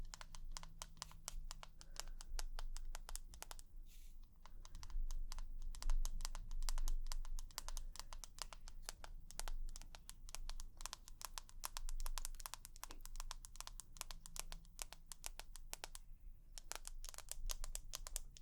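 Rapid, uneven tapping runs through the whole stretch, sharp clicking strokes packed closely together like fast typing on a keyboard. Brief pauses break the flow near four and seventeen seconds. A low hum sits underneath, with a faint tonal drone drifting in at times.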